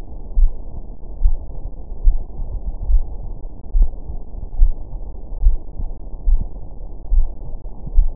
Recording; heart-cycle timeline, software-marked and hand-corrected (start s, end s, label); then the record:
heart sounds
0.00	0.36	diastole
0.36	0.50	S1
0.50	0.72	systole
0.72	0.82	S2
0.82	1.22	diastole
1.22	1.36	S1
1.36	1.56	systole
1.56	1.64	S2
1.64	2.04	diastole
2.04	2.18	S1
2.18	2.38	systole
2.38	2.46	S2
2.46	2.88	diastole
2.88	3.02	S1
3.02	3.24	systole
3.24	3.34	S2
3.34	3.74	diastole
3.74	3.88	S1
3.88	4.10	systole
4.10	4.18	S2
4.18	4.58	diastole
4.58	4.72	S1
4.72	4.94	systole
4.94	5.02	S2
5.02	5.40	diastole
5.40	5.54	S1
5.54	5.78	systole
5.78	5.88	S2
5.88	6.26	diastole
6.26	6.40	S1
6.40	6.62	systole
6.62	6.70	S2
6.70	7.12	diastole
7.12	7.26	S1
7.26	7.46	systole
7.46	7.54	S2
7.54	7.96	diastole
7.96	8.10	S1
8.10	8.16	systole
From the record:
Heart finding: coronary artery disease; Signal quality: good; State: rest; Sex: female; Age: 69 years